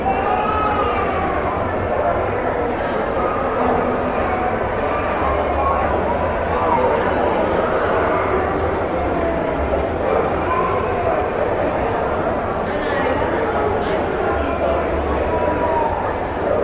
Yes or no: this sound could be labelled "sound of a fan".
no